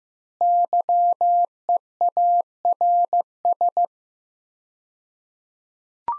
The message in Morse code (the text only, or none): YEARS